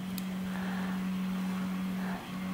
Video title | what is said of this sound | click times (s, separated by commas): Replace Your DJI Camera - Quick Guide | should hear it click and then | 0.2 s